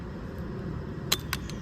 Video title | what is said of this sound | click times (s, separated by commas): #మొదటిసారి స్లింగ్‌షాట్ కొంటున్నారా? ₹5,999కి ఇది ఎలా ఉంది? 🔥 | జస్ట్ మనక వచ్చింది ఇట్లా కొంచెం టిస్ట్ చేస్తే టక్కు మన సౌండ్ వచ్చింది కదా ఇట్లా | 1.1 s